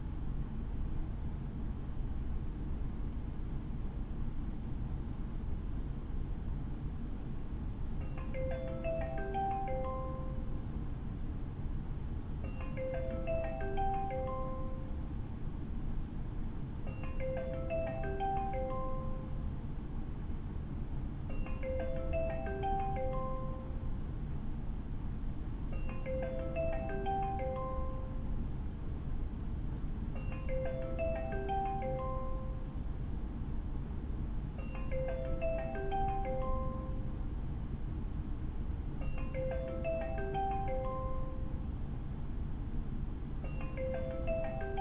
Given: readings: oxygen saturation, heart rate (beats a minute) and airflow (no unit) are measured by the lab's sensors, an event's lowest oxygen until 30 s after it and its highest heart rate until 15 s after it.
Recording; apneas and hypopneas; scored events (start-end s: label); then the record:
a person awake in a sleep study, by a smartphone at the bedside; none
0.00-44.81 s: awake
From the record:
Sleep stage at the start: awake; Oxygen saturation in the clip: 94 to 96%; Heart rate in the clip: 39 to 78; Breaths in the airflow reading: 17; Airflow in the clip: -6.3 to 7.2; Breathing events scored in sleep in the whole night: 216 in 7.0 hours asleep